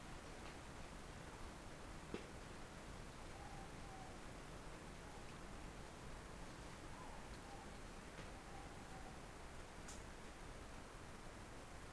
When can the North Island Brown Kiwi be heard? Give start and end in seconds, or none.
none